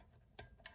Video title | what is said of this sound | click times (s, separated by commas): Sneaker Tumbler Laces DIY | when I clamp it down like that, it just snaps right in. | 0.4 s